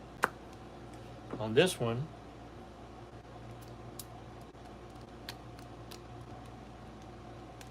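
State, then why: Not seated. A worn, old spark plug boot is pushed onto its spark plug terminal, and it does not click or lock in place. A sharp tap comes at 0.2 s, someone talks briefly around 1.3–2.0 s, and a few faint ticks follow over a steady hum. Nothing has clicked or seated.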